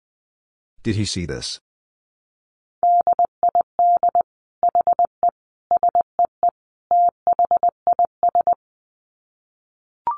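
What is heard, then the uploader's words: Morse code beeps in a steady mid-pitched tone, sent as quick groups of short dits with a few longer dahs, from about three seconds to eight and a half. A brief burst of voice-like noise comes first, and a faint tone starts right at the end. Dit Challenge 20wpm. These are short phrases that contain almost all dits in Morse code. First, the word is sent in Morse code.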